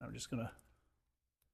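A plastic cable tie is handled after being threaded through the loop of a lantern handle, ready to be pulled shut, while someone talks. The talk fades to near silence with a faint tick near the end. Nothing has clicked or seated yet, as the tie has not been ratcheted shut.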